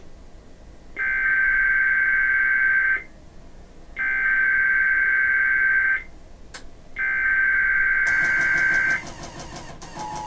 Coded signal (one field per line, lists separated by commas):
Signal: Emergency Alert System (SAME) tones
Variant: header bursts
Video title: 4 Child Abduction Emergencies || 2/14/24 (EAS #2,318-2,321)